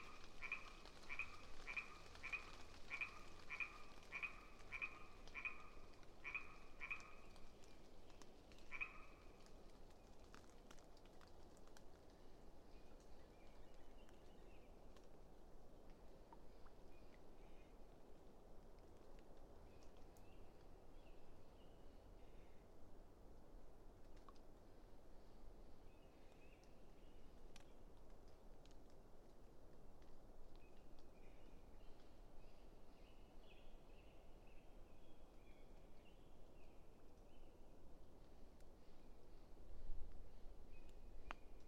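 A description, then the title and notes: Late spring afternoon in a stand of aspen under ponderosa pines beside a flooded meadow. A rapid, regular run of bright chirping notes fills the first nine seconds, then scattered soft bird calls continue over a steady low rumble. A late spring afternoon in a small stand of Quaking Aspen growing beneath tall Ponderosa Pines beside a seasonally flooded meadow located east of Bear Mountain in Shasta-Trinity National Forest, Siskiyou County, California. A microphone is placed on either side of the trunk of a tree, in this case a Quaking Aspen.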